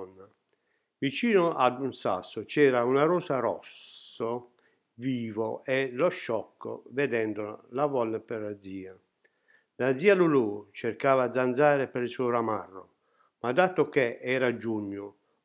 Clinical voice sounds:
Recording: read passage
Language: Italian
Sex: male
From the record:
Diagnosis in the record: healthy control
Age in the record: 68 years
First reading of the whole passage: 60 s, 8.7 characters per second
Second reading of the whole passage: 55 s, 9.3 characters per second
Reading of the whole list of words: 43 s, 6.5 characters per second

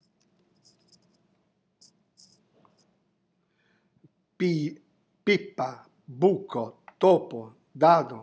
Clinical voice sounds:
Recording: read list of words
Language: Italian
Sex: male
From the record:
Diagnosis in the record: healthy control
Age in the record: 70 years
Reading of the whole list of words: 64 s, 3.8 characters per second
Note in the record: marked for poor recording quality or reading difficulty

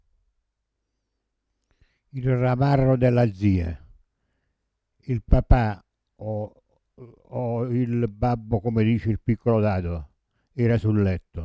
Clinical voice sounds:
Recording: read passage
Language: Italian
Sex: male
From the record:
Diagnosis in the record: Parkinson's disease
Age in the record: 70 years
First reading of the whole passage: 65 s, 7.9 characters per second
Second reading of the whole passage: 60 s, 8.6 characters per second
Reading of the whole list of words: 48 s, 5.8 characters per second

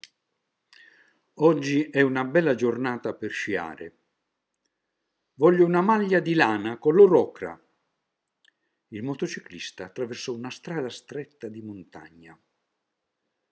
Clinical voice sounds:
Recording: read phrases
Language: Italian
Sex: male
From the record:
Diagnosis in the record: healthy control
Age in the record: 76 years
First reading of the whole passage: 56 s, 9.2 characters per second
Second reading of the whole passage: 53 s, 9.7 characters per second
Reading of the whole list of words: 49 s, 5.7 characters per second

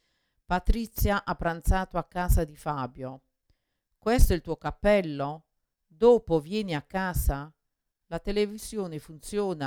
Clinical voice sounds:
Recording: read phrases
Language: Italian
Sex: female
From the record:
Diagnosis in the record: Parkinson's disease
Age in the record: 61 years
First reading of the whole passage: 53 s, 9.7 characters per second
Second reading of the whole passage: 51 s, 10.1 characters per second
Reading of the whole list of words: 49 s, 5.7 characters per second

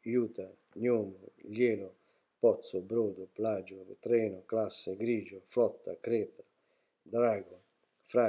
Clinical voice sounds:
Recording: read list of words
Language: Italian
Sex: male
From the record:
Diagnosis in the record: healthy control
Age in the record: 68 years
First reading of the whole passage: 59 s, 8.4 characters per second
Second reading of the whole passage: 56 s, 8.8 characters per second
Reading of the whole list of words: 34 s, 8.3 characters per second

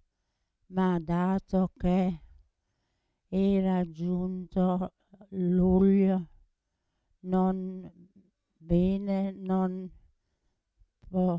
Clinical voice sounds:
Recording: read passage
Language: Italian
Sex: female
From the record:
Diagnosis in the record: Parkinson's disease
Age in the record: 80 years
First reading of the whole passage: 169 s, 3.1 characters per second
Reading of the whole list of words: 101 s, 2.8 characters per second

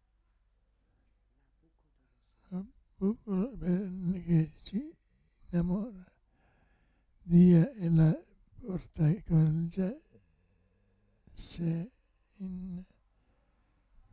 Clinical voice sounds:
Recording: read passage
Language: Italian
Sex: male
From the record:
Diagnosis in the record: Parkinson's disease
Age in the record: 65 years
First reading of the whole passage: 164 s, 3.2 characters per second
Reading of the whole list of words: 151 s, 1.9 characters per second

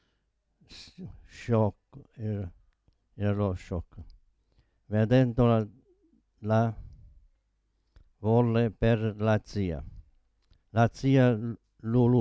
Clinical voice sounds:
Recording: read passage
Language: Italian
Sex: male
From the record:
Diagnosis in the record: Parkinson's disease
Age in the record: 72 years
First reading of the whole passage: 118 s, 4.4 characters per second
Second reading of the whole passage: 99 s, 5.2 characters per second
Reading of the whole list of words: 88 s, 3.2 characters per second

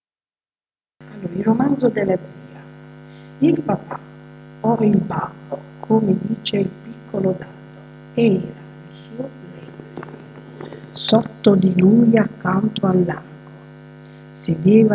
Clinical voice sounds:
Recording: read passage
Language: Italian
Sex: female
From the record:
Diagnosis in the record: healthy control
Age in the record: 62 years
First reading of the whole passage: 101 s, 4.7 characters per second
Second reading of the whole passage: 77 s, 5.9 characters per second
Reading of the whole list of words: 66 s, 3.9 characters per second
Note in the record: marked for poor recording quality or reading difficulty

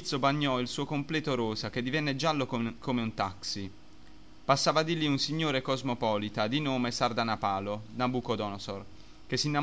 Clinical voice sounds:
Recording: read passage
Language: Italian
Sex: male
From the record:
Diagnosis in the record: healthy control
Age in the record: 21 years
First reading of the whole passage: 44 s, 11.7 characters per second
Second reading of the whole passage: 44 s, 11.8 characters per second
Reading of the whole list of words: 49 s, 5.8 characters per second

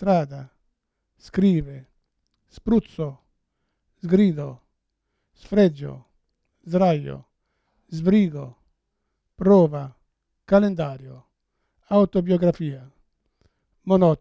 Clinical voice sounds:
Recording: read list of words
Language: Italian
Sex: male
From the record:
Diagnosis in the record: Parkinson's disease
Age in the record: 71 years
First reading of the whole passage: 62 s, 8.3 characters per second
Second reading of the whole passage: 53 s, 9.9 characters per second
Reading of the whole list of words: 66 s, 4.2 characters per second

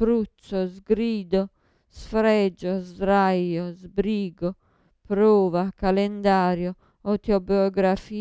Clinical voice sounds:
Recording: read list of words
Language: Italian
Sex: female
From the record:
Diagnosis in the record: Parkinson's disease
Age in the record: 54 years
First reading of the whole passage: 55 s, 9.4 characters per second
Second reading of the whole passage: 50 s, 10.4 characters per second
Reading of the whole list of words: 55 s, 5.1 characters per second

